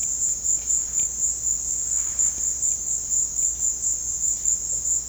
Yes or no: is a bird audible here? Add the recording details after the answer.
no. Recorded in pastures near Puerto Asís, Putumayo, Colombia, on 13 March 2025 at 16:00. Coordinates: 0.502, -76.324. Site GP07